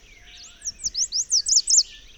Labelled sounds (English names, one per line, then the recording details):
Chestnut-capped Warbler song
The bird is a male
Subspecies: delattrii
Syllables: 8
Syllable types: 6
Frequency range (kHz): 3.9-8.7 kHz
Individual FV-GGS-M